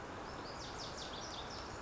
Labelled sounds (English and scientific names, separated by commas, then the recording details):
Lazuli Bunting (Passerina amoena)
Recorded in Sonoma County, California